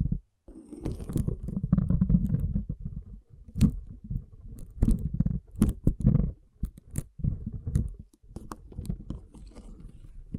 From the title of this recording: Soothing & Deep Water Beads Sounds